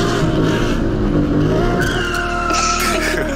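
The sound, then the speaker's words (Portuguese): A car skids through a sharp handbrake turn on a curve, its engine droning loudly while the tires let out a long, high squeal that shifts in pitch as the vehicle slides, with no one speaking. “Puxar o freio de mão, soltar o freio de mão e só depois soltar a embreagem. É perto da curva?”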